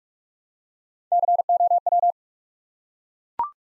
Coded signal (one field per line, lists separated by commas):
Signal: Morse code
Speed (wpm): 44 wpm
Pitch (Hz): 700 Hz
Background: none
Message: COW